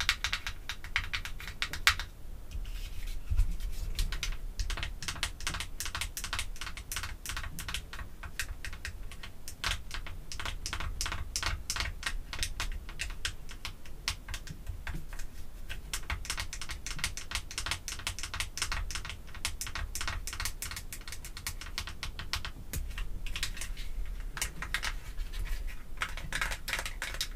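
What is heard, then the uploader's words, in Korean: Artificial nails tap rapidly and steadily on perfume bottles and caps, a dense run of bright clicks over a faint low hum throughout. 인조손톱 태핑. 향수, 뚜껑 등.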